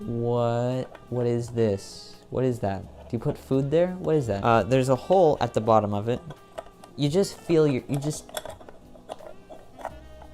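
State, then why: Seated. Someone talks while a plastic part of a reptile water dispenser is felt around over a hole at the base of the drinking fountain. Small handling knocks follow, and the fitting clicks into place at 9.8 s, seated.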